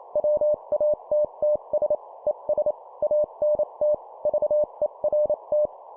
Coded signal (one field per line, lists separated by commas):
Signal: Morse code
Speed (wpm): 28 wpm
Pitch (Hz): 600 Hz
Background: none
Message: WATTS ES ANT VERT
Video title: 25wpm CW QSO Format Example, improve morse code copy speed